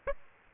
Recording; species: mosquito wingbeat signal from an infrared sensor; Aedes aegypti